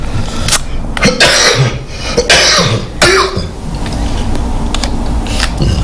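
About four loose, harsh coughs come in quick succession over roughly three seconds, followed by quieter room noise. This is an adult's cough from a viral cold.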